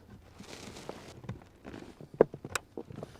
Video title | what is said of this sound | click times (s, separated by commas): Kia Seltos 2019-2021 Remote Engine Starter install / Key Ignition - MyKey Premium | just like that make sure you hear the click | 2.2 s